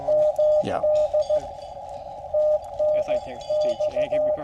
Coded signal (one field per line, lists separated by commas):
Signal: Morse code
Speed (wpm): 15 wpm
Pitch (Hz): 610 Hz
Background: speech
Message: MD TNX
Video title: Introducing Boy Scouts to Morse Code and Parks On The Air (POTA)